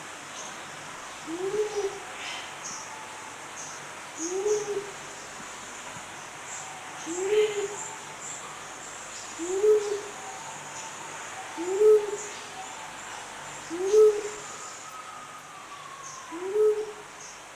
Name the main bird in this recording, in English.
Mindanao Bleeding-heart